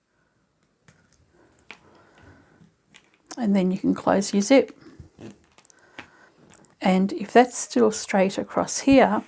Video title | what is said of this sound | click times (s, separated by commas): How to sew Crossbody/Sling shoulder bag Ipad/Tablet multi function carry bag with lots of pockets | those edges along the top there you'll hear a click when the teeth line up | 1.7 s